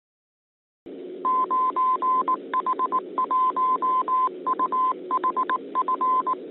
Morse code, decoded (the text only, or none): 9H1UHF